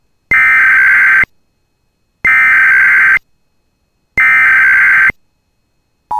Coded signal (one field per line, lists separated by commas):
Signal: Emergency Alert System (SAME) tones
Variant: header bursts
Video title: [EAS] 2023 National Periodic Test Traditional Broadcast Emergency Alert System Test